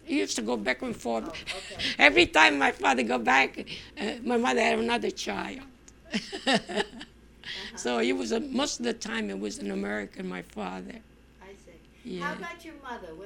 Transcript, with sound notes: He used to go back and forth. Every time my father come back, my mother have another child. ( she laughs ) So he was, most of the time he was in America, my father.
I see. How about your mother?